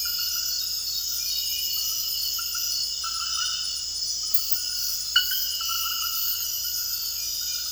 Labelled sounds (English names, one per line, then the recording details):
none
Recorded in secondary vegetation near Puerto Asís, Putumayo, Colombia, on 19 February 2024 at 01:30
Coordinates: 0.481, -76.323
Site G6376